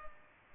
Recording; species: mosquito wingbeat signal from an infrared sensor; Culex pipiens